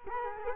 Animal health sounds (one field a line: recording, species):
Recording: mosquito wingbeat signal from an infrared sensor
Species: Culex quinquefasciatus